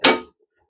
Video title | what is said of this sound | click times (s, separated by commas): Épisode 14 – Poser un bâti-support + nourrices | claque ça tient. | 0.0 s